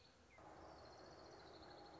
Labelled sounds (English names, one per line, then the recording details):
Orange-crowned Warbler
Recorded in Sonoma County, California